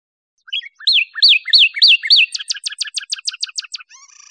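Northern cardinal song: a few soft introductory notes, then five loud slurred whistles followed by a quicker run of many short chipped notes, ending faintly.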